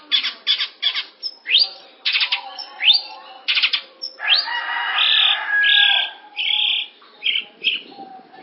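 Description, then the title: Long-tailed Shrike song mixing harsh grating bursts, quick upward-swept whistles and sustained flat whistled tones in a jumbled sequence. "Audio Cendet Pentet"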